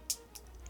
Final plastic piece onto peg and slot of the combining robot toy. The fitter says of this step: so that it just snaps into place